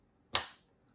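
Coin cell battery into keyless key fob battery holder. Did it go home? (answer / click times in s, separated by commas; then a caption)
yes / 0.4 s. A CR2032 coin cell battery is pushed down into the battery holder of a Triumph motorcycle keyless key fob and snaps into place. A single sharp, bright snap is heard at 0.4 s, followed by a short decaying ring. The battery is seated and locked in.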